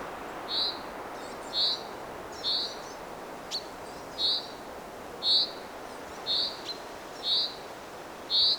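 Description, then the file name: Common chaffinch calls: short, sharp high notes repeated about once a second, eight in all, with a faint click between some of them over steady background hiss. "Fringilla coelebs"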